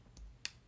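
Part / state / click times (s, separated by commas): coil into vape pod / seated / 0.4 s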